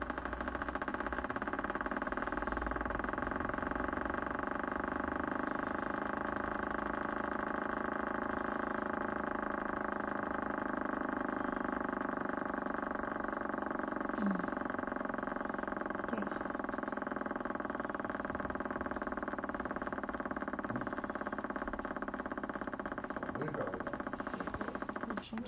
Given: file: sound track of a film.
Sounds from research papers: EMG of the proband’s father recorded from the left biceps muscle showed myotonic discharges.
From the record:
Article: Coexistence of Charcot-Marie-Tooth 1A and nondystrophic myotonia due to PMP22 duplication and SCN4A pathogenic variants: a case report

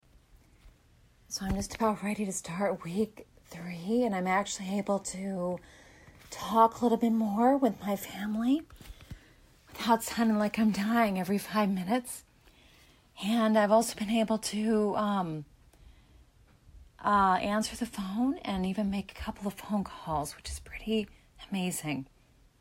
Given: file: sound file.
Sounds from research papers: Day 9 of LSVT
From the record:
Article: Intensive Voice Treatment following Botulinum Neurotoxin Injection for a Speaker with Abductor Laryngeal Dystonia: An Exploratory Case Study

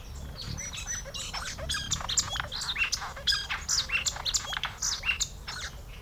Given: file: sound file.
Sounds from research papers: Song of La Orduña lek.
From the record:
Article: Acoustic Divergence with Gene Flow in a Lekking Hummingbird with Complex Songs

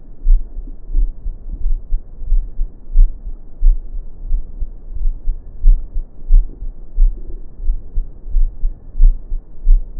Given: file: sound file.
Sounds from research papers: Heart sound recorded in a patient of Type III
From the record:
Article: A two-stage amplified PZT sensor for monitoring lung and heart sounds in discharged pneumonia patients

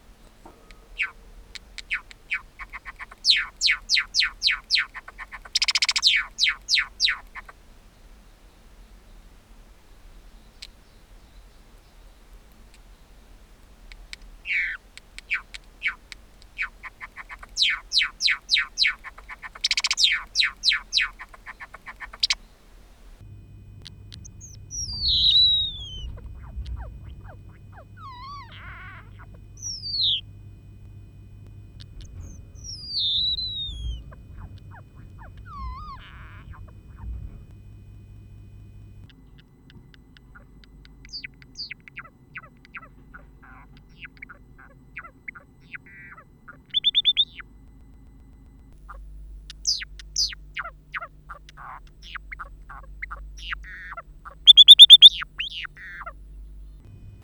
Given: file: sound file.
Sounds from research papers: Songs with bill clicks in Bengalese finch-fostered and untutored birds.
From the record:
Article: The Songbird as a Percussionist: Syntactic Rules for Non-Vocal Sound and Song Production in Java Sparrows

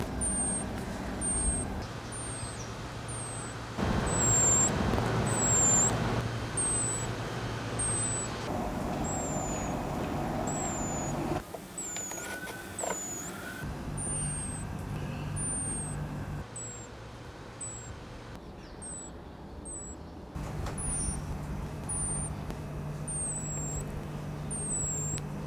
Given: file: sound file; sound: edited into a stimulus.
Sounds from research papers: discomfort-related sonic calls of 4 female and 7 male northern birch mice Sicista betulina, two calls per individual are given.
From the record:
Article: High frequency audible calls in northern birch mice Sicista betulina in response to handling: effects of individuality, sex and body mass on the acoustics

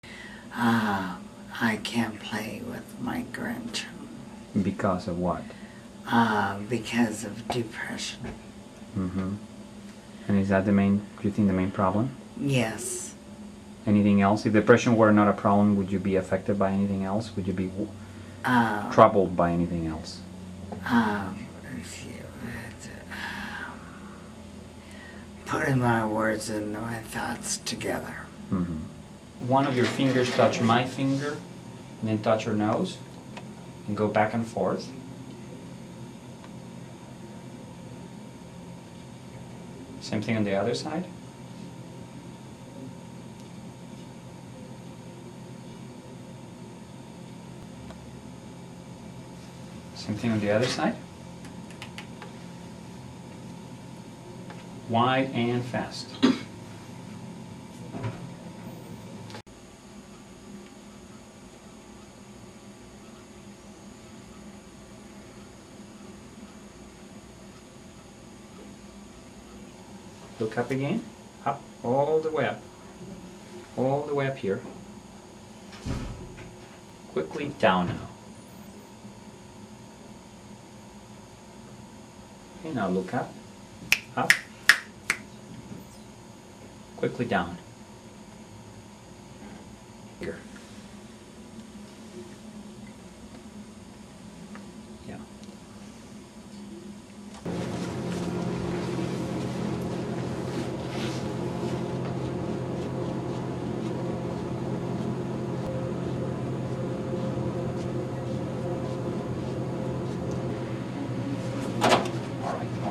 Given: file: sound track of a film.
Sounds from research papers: Patient 1 shows growling dysarthria, restriction of upgaze with supranuclear vertical gaze palsy, appendicular dystonia with dysmetria, wide-based, short-stride gait with erect posture, mild retrocollis, and impaired postural reflexes.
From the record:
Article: Hydrocephalic Parkinsonism: lessons from normal pressure hydrocephalus mimics

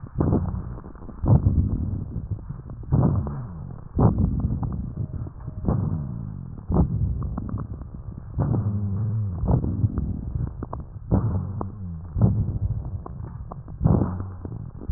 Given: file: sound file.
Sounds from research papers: Two respiratory medicine physicians separately listened to the recordings and characterized them as follows: (1) normal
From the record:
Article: Back to the future: the novel art of digital auscultation applied in a prospective observational study of critically ill Covid-19 patients

